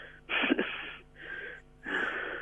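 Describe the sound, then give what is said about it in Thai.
A voice imitates the heavy, ragged panting of an exhausted person breathing from behind in the silence: three breathy, noisy gusts in a row, the first and last loudest, each a harsh rush of air with brief pauses between, no words spoken. “เหมือนคนหายใจหอบอ่ะพี ่โอ้โหขนลุก เหมือนคนเหนื่อยหอบอ่ะมันยืนหายใจอยู่ข้างหลังอ่ะแต่เมื่อ ี่แล้วความเงียบอะด้วยความที่มันเงียบอยู่แล้วอะครับเสียงหายใจมันเลยดังแรงมากเลยครับ”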